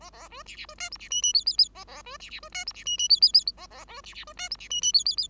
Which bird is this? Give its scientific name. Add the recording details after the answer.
Lonchura striata domestica. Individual Bird5